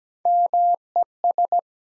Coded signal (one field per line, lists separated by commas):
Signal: Morse code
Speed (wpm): 17 wpm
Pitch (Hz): 700 Hz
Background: none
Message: MES